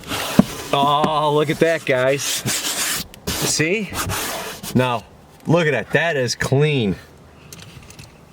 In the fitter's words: So this is the dry fit to see if everything locks into place.